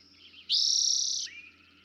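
Eastern towhee song: a single loud, rapid, buzzy trill lasting under a second, after faint soft notes, with quiet chirps around it.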